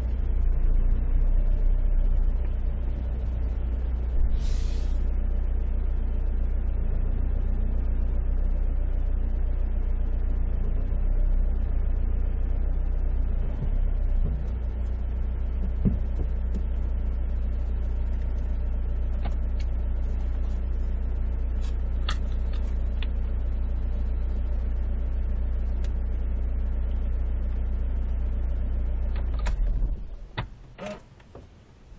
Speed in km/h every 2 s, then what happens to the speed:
2, 0, 0, 0, 0, 0, 0, 0, 0, 0, 0, 0, 0, 0, 0, 0.
0-32 standing.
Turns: none.